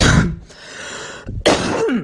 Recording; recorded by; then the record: voluntary cough; messaging app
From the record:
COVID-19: negative